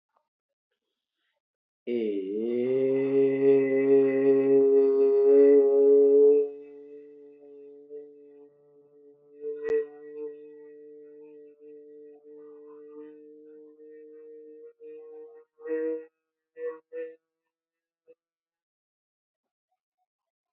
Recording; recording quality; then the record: sustained vowel as in made; moderate, slight background noise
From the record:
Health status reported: healthy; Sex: male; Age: 28 years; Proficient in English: yes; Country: India